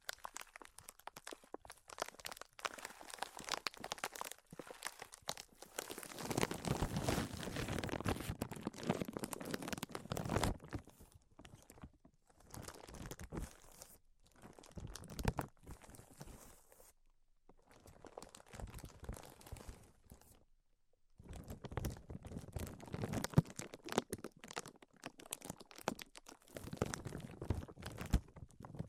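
Tapping, scratching and tracing sounds come in dense, irregular bursts of crisp, crinkly scraping with quick taps mixed in. The busiest stretches fall around 6–10 seconds and again from 21 seconds on, separated by brief quiet gaps and lighter, sparser scratching.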